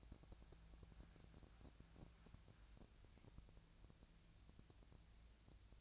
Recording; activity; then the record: daily activity, microphone in the room; wipe stove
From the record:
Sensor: 2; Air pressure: 1000.4 hPa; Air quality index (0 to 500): 174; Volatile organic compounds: 3 ppm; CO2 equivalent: 1444 ppm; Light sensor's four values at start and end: 9/23/9/10 and 9/23/9/10